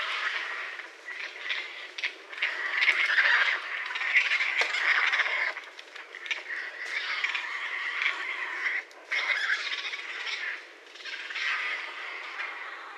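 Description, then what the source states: Raccoon churring and rattling: a dense, harsh, buzzy chatter running almost without pause, swelling and fading, with a few brief breaks. Recorded on 30 January 2012.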